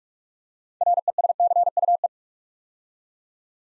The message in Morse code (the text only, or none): RESCUE